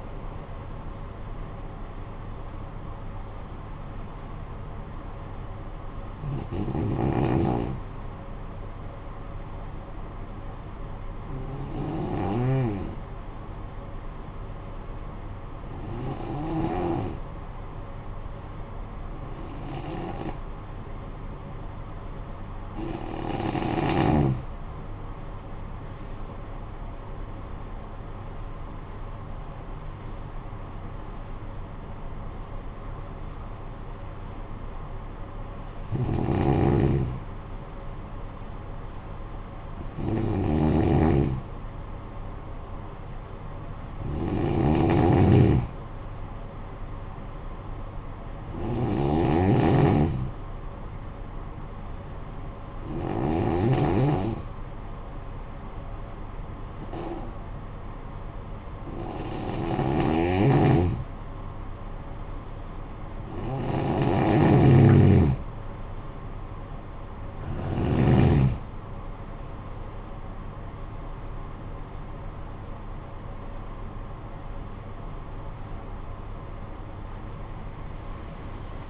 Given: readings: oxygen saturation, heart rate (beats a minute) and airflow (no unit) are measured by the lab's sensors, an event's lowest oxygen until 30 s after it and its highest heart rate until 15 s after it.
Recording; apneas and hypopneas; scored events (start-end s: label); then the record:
breathing in sleep by a smartphone at the bedside; 2
2.00-32.00 s: new sleep stage, N1 (lightest sleep)
8.00-25.20 s: hypopnea (N1, oxygen 95% highest, then 87% lowest, heart rate 55 at the start, 74 highest)
32.00-62.00 s: new sleep stage, N2 (light sleep)
54.00-68.20 s: hypopnea (N2, oxygen 95% highest, then 89% lowest, heart rate 61 at the start, 83 highest)
62.00-78.89 s: new sleep stage, awake
64.00-78.89 s: awake
From the record:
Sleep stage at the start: N2 (light sleep); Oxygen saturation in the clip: 87 to 95%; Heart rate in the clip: 54 to 78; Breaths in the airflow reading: 19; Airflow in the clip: -12.0 to 13.2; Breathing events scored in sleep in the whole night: 445 in 7.6 hours asleep